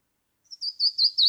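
Canyon wren song opening: a few clear high whistled notes, stepping slightly lower and growing louder, cut off.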